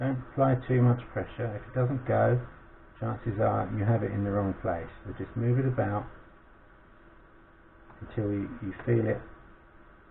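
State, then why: Not seated. While putting an LG G3 phone back together after fitting a heatsink pad, a small flex ribbon connector is moved about over its socket on the phone motherboard to line it up before it is pushed home. Someone talks throughout, with quiet pauses between phrases. Nothing has clicked or seated yet.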